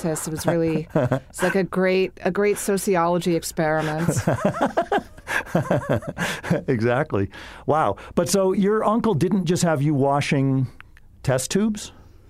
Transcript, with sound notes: It was really — it was a great — a great sociology experiment.
[LAUGHS] Exactly. Wow. But so your uncle didn’t just have you washing test tubes?